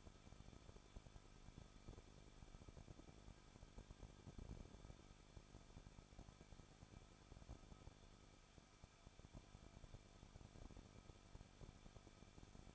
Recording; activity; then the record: daily activity, microphone in the room; no activity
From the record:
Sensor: 5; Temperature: 20.8 degrees Celsius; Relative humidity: 38.2%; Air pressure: 1006.5 hPa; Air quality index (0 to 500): 187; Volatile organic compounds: 18 ppm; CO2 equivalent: 2620 ppm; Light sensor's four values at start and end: 2/3/1/1 and 2/3/1/1